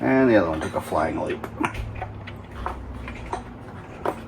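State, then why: Seated. Someone talks while pressing a second small plastic retaining clip into its mount on the valve cover area of an LS engine being prepped for a 1961 Comet swap, after the first clip flew off. Several light ticks are heard, and the last sharp hit comes at 4.1 s as the clip clicks into place and seats.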